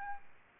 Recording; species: mosquito wingbeat signal from an infrared sensor; Aedes albopictus